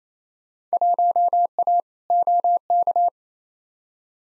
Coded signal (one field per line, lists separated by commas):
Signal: Morse code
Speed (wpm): 28 wpm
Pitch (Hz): 700 Hz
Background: none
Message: 1A OK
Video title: Field Day Exchange v2 - 28wpm